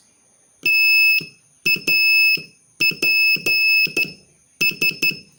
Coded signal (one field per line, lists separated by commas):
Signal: Morse code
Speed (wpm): 12 wpm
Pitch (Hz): 2600 Hz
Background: none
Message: TAPS